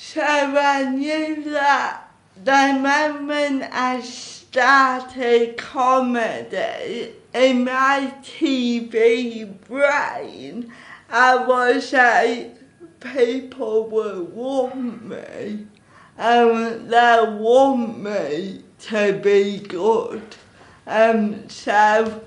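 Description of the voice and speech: An adult woman who grew up with cerebral palsy speaks slowly, with stretched vowels and syllables, nasal-sounding vowels and frequent pauses between short phrases, her voice high and steady. The slow, drawn-out articulation fits the dysarthria of cerebral palsy.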